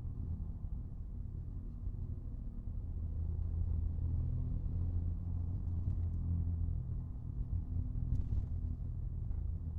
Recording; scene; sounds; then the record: everyday scene through a hearing-aid microphone; in a vehicle; engine, rumble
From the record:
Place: Skoda Fabia, gasoline engine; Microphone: in the ear canal, right